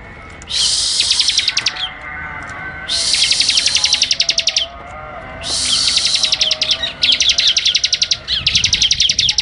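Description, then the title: Bird song in several long bursts of fast, high, buzzy trilled notes, each lasting a second or more, with short pauses between them. "SuaraBurung Kicau1"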